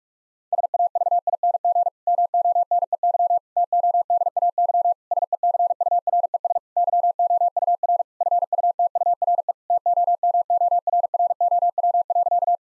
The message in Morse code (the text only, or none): SAVING MONEY TODAY SECURES YOUR FUTURE TOMORROW.